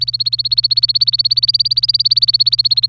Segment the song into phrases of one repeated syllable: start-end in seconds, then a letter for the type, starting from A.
0.00-2.88 A